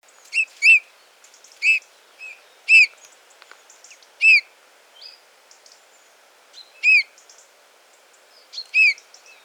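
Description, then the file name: Eurasian bullfinch giving short, plaintive piped notes, sometimes paired, spaced a second or more apart, with quieter chirps between. "Pyrrhula pyrrhula"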